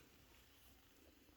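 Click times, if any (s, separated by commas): none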